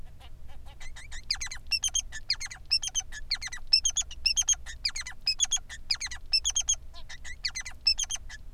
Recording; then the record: song of a male Bengalese finch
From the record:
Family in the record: son of father 3